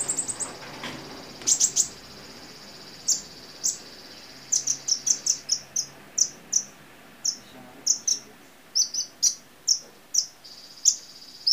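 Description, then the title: Small bird giving thin, very high chirps, singly and in short quick bursts, with gaps between, over a faint steady background hiss. "Burung Kecil"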